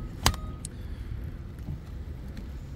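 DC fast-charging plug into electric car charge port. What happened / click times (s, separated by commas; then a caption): The charging plug latched into the port / 0.3 s. A DC fast-charging plug is pushed into the open charge port of a Mach-E electric car in the rain, and it seats with a sharp click at 0.3 s, which may be the plug latch or the car's own relays. Fainter clicks follow around 0.3, 0.7, 1.6 and 2.4 s over a low steady rumble.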